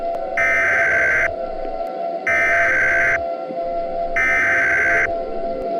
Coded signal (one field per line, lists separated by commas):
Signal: Emergency Alert System (SAME) tones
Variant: header bursts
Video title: EAS Scenario WW3: Nuclear War 1 Year Anniversary!